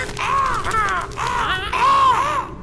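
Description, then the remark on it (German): A raven caws several times in quick succession, harsh, rasping calls with a wavering pitch, loud and without any talking over them. “Einmal in der Woche, am Freitag, versammelten wir uns nach dem Abendbrot vor der Schwarzen Kammer, verwandelten uns in Raben und ließen uns auf der Stange nieder.”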